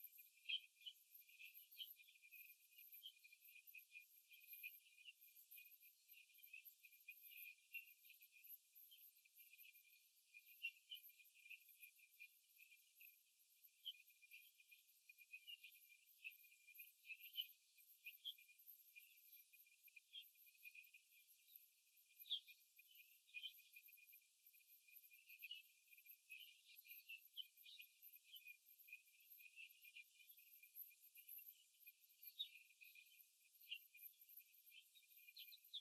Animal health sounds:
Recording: young laying hens in a cage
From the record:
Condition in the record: after the stressor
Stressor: simulated dog barking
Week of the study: 3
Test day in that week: 2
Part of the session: 2

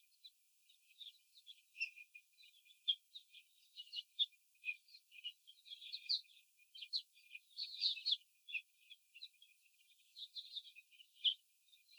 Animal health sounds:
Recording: young laying hens in a cage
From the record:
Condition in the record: before the stressor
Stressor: simulated dog barking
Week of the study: 4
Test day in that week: 2

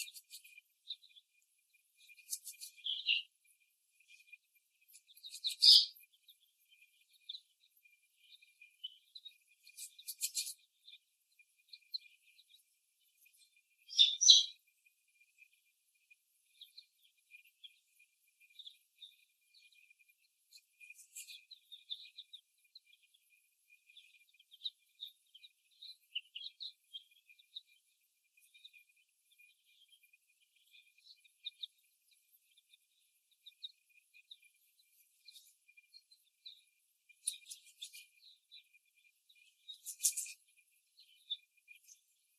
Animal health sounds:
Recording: young laying hens in a cage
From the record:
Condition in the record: before the stressor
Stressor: simulated dog barking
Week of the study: 1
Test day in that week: 1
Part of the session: 3

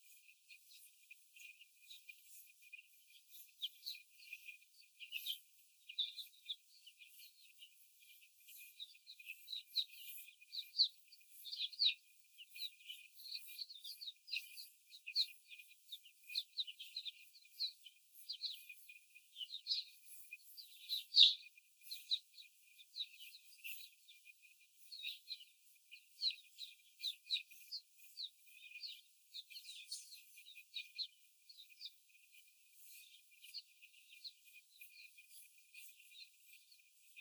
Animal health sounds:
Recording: young laying hens in a cage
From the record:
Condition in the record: before the stressor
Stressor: simulated dog barking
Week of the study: 4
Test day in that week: 1

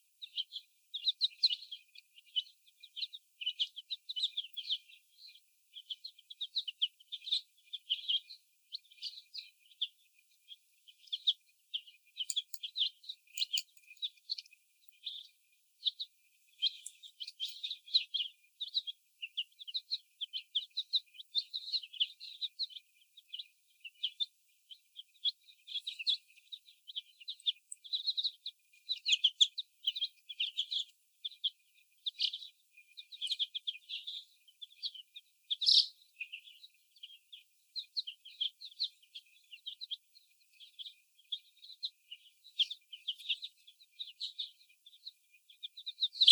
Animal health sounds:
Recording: young laying hens in a cage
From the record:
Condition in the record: before the stressor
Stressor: sudden umbrella opening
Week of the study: 1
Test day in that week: 1

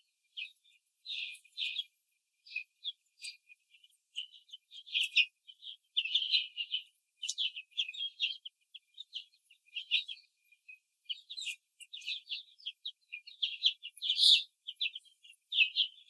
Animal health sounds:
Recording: young laying hens in a cage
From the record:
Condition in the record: control cage, after the stress test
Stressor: none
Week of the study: 4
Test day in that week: 3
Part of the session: 2

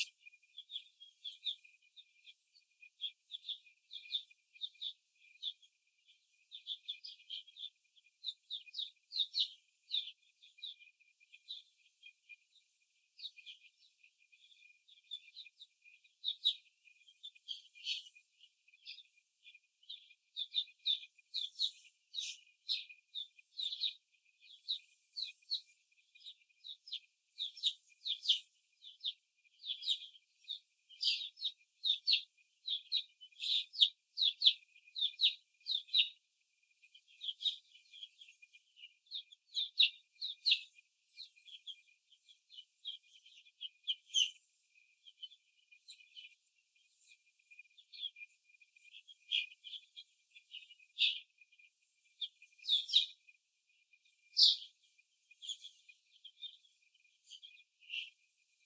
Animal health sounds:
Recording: young laying hens in a cage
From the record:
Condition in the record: after the stressor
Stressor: simulated dog barking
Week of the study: 2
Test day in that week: 2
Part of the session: 3

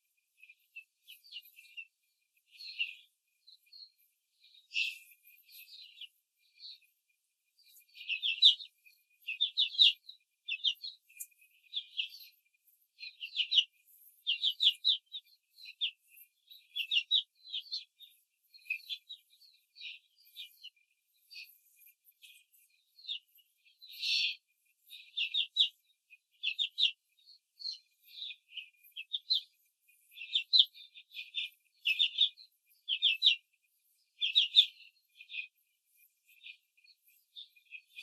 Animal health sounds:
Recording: young laying hens in a cage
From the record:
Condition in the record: control cage, after the stress test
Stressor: none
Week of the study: 4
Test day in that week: 1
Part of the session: 3

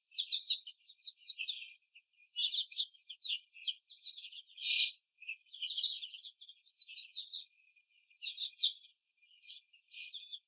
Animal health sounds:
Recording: young laying hens in a cage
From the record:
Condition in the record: before the stressor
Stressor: simulated dog barking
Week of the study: 3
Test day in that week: 1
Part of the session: 4

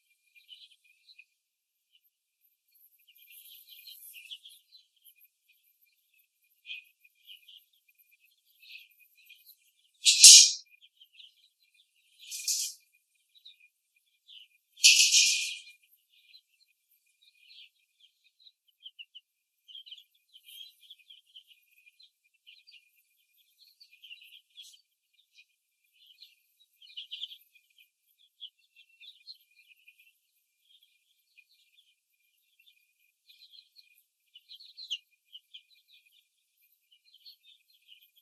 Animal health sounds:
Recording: young laying hens in a cage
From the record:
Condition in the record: before the stressor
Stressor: simulated dog barking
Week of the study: 2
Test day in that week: 3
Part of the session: 1

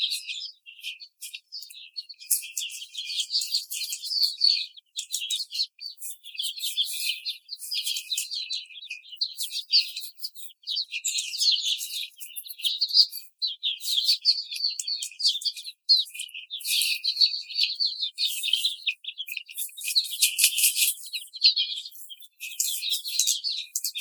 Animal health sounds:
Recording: young laying hens in a cage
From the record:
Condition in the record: treatment cage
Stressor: simulated dog barking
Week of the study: 5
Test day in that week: 1

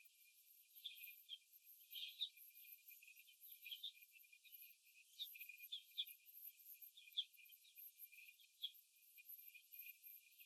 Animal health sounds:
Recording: young laying hens in a cage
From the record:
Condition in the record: after the stressor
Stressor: simulated dog barking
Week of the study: 1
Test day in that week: 2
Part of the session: 4

